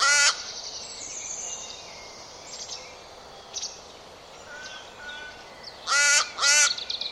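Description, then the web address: Bird giving one grating caw at the start, soft chirps from other birds in between, then two more harsh caws close together at the end. "Bird Only"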